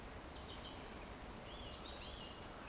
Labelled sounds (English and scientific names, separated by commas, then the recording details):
Eurasian Woodcock (Scolopax rusticola) whistle
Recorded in Baden-Württemberg, Germany, on 15 June 2020 at 19:48 UTC
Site 14569, 102 m above sea level